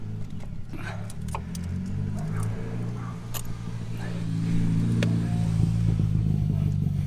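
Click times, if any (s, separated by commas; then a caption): 5.0 s. On a 6.7 Powerstroke turbo diesel truck, an intercooler pipe end is lined up and pushed onto the factory quick-disconnect coupling on the cold side until it locks. Scattered handling knocks sound over a steady low hum before a sharp click at 5.0 s. The pipe is seated and locked in place.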